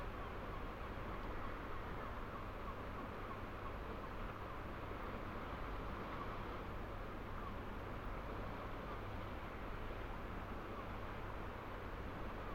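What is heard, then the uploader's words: Ocean waves wash against the old seawalls of St Abbs harbour on Scotland's east coast at night, blending into one dense, unbroken roar. A low, steady rumble runs underneath, and the level holds even for the whole stretch, with no single crash standing out. Fishing village harbour at night. From here, steep up a winding path above the harbour, the ocean waves crash onto the ancient seawalls of St Abbs on the east coast of Scotland, in full spatial detail. Swirling currents of bouncing swell, softened by less than a hundred yards, into a rich textured white noise emulsion.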